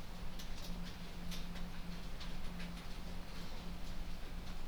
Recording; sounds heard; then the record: poultry house recording; no chicken sound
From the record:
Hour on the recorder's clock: 0